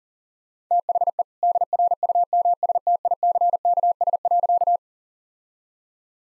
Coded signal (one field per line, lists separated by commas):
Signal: Morse code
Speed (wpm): 40 wpm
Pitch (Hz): 700 Hz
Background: none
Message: THE DRUMSTICKS.